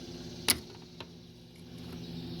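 A retaining pin in the timer control knob of a GE washer is worked loose, and a sharp hit sounds at 0.5 s as the pin pops out and the part comes free. A fainter tick follows at 1.0 s over a steady low hum. The pin is released from the knob.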